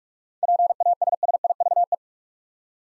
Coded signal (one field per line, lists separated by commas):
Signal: Morse code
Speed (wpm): 46 wpm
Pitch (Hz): 700 Hz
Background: none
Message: PASSIVE